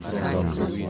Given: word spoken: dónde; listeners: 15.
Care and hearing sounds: one Spanish word in noise, from a listening test; eight-talker babble; -1.1 dB; 0 of 15; 6 of 15; 0.50 s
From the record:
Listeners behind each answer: 6, 2, 1, 1, 1, 1, 1, 1, 1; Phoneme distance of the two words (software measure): 44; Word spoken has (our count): 2 syllables, 5 phonemes, stress on syllable 1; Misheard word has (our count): 2 syllables, 5 phonemes, stress on syllable 1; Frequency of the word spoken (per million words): 136.64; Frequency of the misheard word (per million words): 89.97

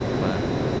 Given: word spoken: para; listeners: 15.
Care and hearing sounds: one Spanish word in noise, from a listening test; speech-shaped noise; -6.6 dB; 0 of 15; 8 of 15; 0.40 s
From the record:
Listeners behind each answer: 8, 3, 1, 1, 1, 1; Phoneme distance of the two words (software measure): 17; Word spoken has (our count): 2 syllables, 4 phonemes, stress on syllable 1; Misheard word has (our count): 1 syllable, 3 phonemes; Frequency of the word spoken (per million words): 6962.26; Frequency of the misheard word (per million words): 150.90

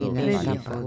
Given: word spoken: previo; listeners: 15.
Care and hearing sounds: one Spanish word in noise, from a listening test; four-talker babble; -0.7 dB; 0 of 15; 7 of 15; 0.47 s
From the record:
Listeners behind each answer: 7, 1, 1, 1, 1, 1, 1, 1, 1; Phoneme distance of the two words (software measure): 10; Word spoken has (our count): 2 syllables, 6 phonemes, stress on syllable 1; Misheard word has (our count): 2 syllables, 6 phonemes, stress on syllable 1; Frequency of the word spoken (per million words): 27.74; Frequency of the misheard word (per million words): 89.80

